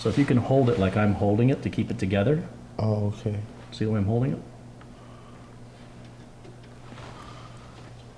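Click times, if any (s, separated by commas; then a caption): none. Someone talks while holding a keyed power supply plug by hand, lined up and pressed together, ready to be pushed into its motherboard socket. After the talking stops, only a low steady hum remains, with one faint tick near 4.8 s. Nothing has seated or clicked yet.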